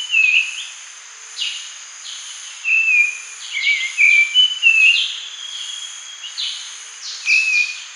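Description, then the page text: Grey-cheeked bulbul singing loud whistled phrases with sliding and wavering notes, delivered in bursts about every second or two, above a constant high-pitched background drone. "Grey-Cheeked Bulbul Song. Quick Sounds"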